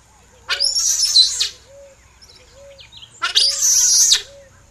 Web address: giant otter